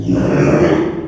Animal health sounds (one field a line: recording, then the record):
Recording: squeal of a Yucatan mini pig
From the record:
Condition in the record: after surgery on the right vocal fold (resection and tissue-engineered implant)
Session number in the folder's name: 3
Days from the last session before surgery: 33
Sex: male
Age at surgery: 12 weeks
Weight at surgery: 13 kg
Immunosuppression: cyclosporine, prednisolone